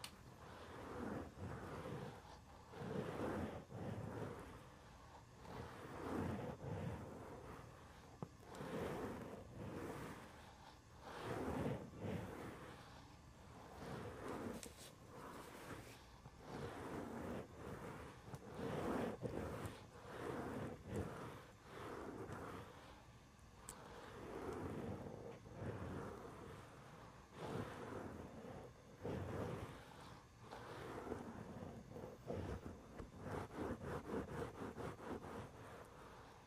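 A head and back scratcher rubs and taps against the mic in dense, continuous scratching strokes. Rough bursts repeat every second or so, with a low rumbling thump under them and a bright hiss on top. The loudness rises and falls throughout without pause.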